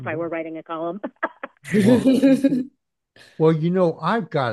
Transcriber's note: laughs